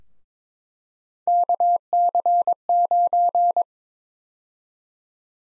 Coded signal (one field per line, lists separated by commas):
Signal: Morse code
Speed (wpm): 22 wpm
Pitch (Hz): 700 Hz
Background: none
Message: KC9